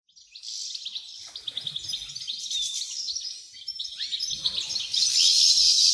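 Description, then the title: Wrens chirping and trilling in dense, high-pitched overlapping bursts that swell louder toward the end. Dozens of wrens in a home's backyard at Dover, southern Tasmania. "Nature Sounds Tasmania - Dover Wrens"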